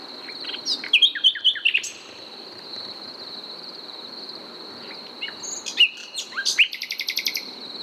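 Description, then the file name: Common nightingale singing two separate phrases of sharp whistles and chirps, the second ending in a quick run of repeated notes, with a quiet pause between over a constant high hum. "Luscinia megarhynchos"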